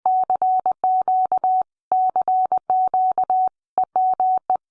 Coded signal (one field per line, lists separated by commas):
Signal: Morse code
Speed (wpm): 20 wpm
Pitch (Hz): 750 Hz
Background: none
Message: CQ CQ EME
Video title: Dr. Taylor - FT8 & Beyond: FT4 - Finale, this mode is 3x Faster than FT8